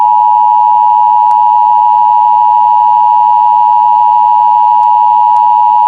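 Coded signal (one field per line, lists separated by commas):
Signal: Emergency Alert System (SAME) tones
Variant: 853 and 960 Hz attention tone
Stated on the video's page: Mock emergency alert, not a real one.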